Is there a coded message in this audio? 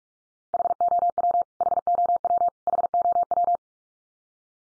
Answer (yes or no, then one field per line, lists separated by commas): yes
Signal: Morse code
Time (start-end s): 0.5-3.6 s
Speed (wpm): 44 wpm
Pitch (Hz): 700 Hz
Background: none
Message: HOW HOW HOW